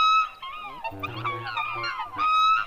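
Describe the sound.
Black swan calls, a clear high bugling note followed by lower wavering honks and a buzzy nasal sound, ending with another high clear note.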